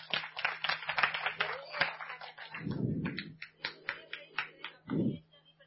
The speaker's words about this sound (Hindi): मुझे अभी याद आई, बढ़िया ताली बजाओ।